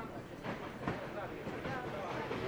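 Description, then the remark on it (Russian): Train wheels clack over rail joints in a slow, spaced rhythm against a steady rumbling roar, the beats drawn out as the train loses speed. “Поезд пошел медленнее, колеса уже не выкрикивали свое неугомонное «вот так-так». Они стучали теперь значительно протяжнее и тоже точно жаловались на то, что машина насильно задерживает их бойкий веселый ход.”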